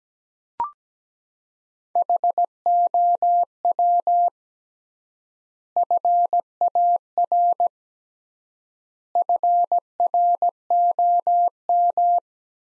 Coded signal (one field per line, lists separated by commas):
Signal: Morse code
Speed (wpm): 17 wpm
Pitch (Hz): 700 Hz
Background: none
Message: HOW FAR FROM